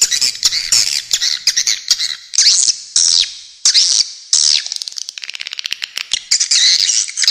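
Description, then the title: Swiftlet chirping: dense, high, buzzy twittering notes in bursts, some rising and falling, with short gaps between busier stretches. Original, clean, clear recording. "Suara Walet"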